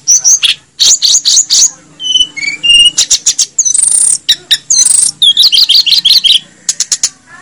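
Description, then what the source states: Snowy-browed flycatcher singing bursts of sharp high chirps, a few clear whistled notes, then dense twittering phrases. Masteran track made for training cage birds; Indonesian names Tledekan Gunung and Sikatan Gunung.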